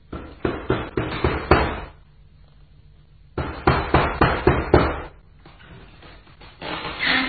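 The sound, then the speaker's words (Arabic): A passerby knocks on a house door in two bursts of rapid, loud knocking, each about six sharp hollow raps in quick succession, separated by a pause of near silence, followed by a softer rustling noise. “حسنا، سأطرق الباب ولكن بلا أمل.”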